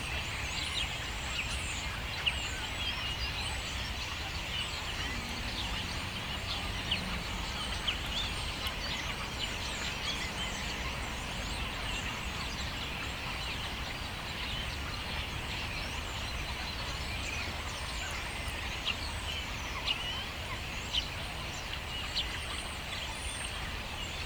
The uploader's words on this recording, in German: Tausende Stare für Freunde der Surround-Aufnahme. Dann tausende Vögel, die miteinander reden und andere Vogelarten immitieren...